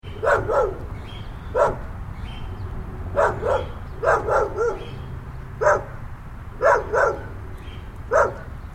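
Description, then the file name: Dog barking, single barks and short runs of barks repeated at intervals across the stretch, over a steady low background hum. Suburban neighborhood background. "Suburban Neighborhood With Dog"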